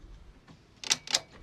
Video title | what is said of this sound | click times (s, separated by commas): Keeping the Spark💜Checking Your Systems Before Roadtrippin #wannawander #autocare | And you'll hear clicks. | 0.9 s, 1.2 s